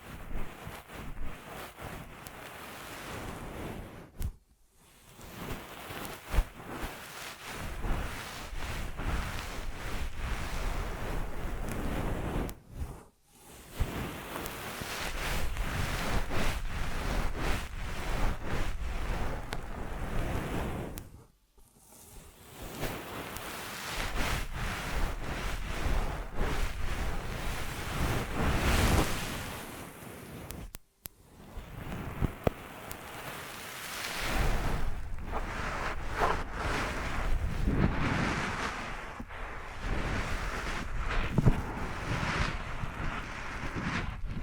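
Ear massage sounds: dense, rushing rubbing that washes and swells like surf, filling everything from low rumble to bright hiss. The rubbing runs in long stretches of several seconds, broken by short silent pauses near 4, 13, 21 and 31 seconds.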